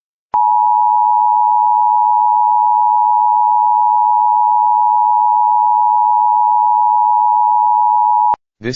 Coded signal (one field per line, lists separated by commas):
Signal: Emergency Alert System (SAME) tones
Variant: 853 and 960 Hz attention tone